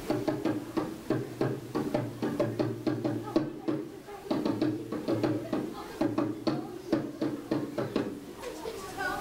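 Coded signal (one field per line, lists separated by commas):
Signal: talking drum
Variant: African talking drum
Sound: fast sequence of resonant drum strokes at varied pitches, about four per second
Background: small room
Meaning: Warning to the village that enemies are nearby, so everyone should pay attention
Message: everybody, listen, pay attention. There are enemies around the village.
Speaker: he would play the message. You know what I just said? Oh, he says, everybody, listen, pay attention. There are enemies around the village.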